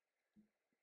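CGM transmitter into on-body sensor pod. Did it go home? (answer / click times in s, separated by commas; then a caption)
no / none. A plastic CGM transmitter is being handled at the adhesive glucose sensor pod on the upper arm, with a dull low thump around 0.35 s and a softer knock near 0.7 s over quiet background. The transmitter has not seated or clicked into the sensor yet.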